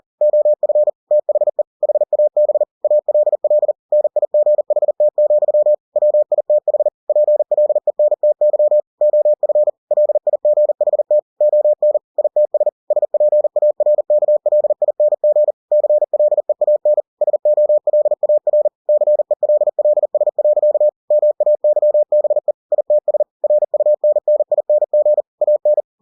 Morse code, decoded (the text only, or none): OF THE HAB ALL NIGHT, WITH PLENTY OF LIGHT ON ITS SPARKLING CLEAN SOLAR CELLS. MAYBE ITS RUNNING AN